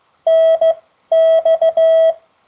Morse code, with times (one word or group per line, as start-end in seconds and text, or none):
0.3-0.7 N
1.1-2.1 X